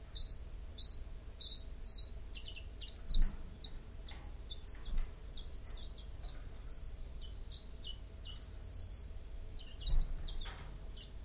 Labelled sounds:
Common Chiffchaff (Phylloscopus collybita) song

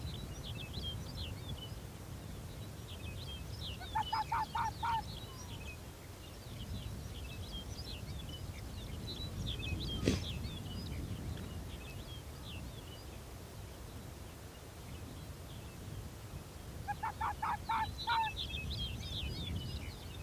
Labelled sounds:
Arctic Fox (Vulpes lagopus)

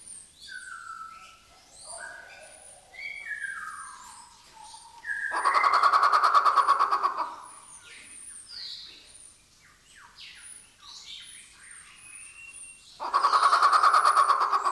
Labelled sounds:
Grey Peacock-Pheasant (Polyplectron bicalcaratum)

